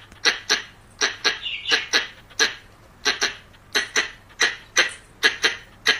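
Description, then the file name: Variable squirrel giving rasping chuck notes in pairs and short runs, irregularly spaced, with a faint wavering squeal early on. "tieng soc do thai lan keu"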